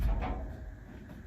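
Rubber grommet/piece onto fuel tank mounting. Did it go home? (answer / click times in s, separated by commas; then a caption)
no / none. A rubber grommet is pushed onto its mount while a fuel tank is being installed on a Dodge truck. A low rumbling thud opens the clip, followed by a brief rubbing scrape around 0.2 to 0.3 seconds, then the sound fades into quieter low handling noise. The grommet has not popped into place, and nothing has seated or clicked yet.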